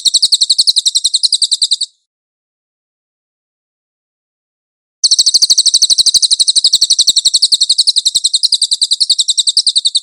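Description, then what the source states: Cililin song, a rapid high-pitched chattering trill, stopping for about three seconds before resuming at the same quick, even pace. Cililin song used as a master for training songbirds.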